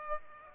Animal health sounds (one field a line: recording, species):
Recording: mosquito wingbeat signal from an infrared sensor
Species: Aedes aegypti